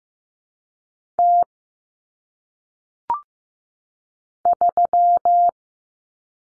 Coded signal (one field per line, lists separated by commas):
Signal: Morse code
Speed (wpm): 15 wpm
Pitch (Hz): 700 Hz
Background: none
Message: T 3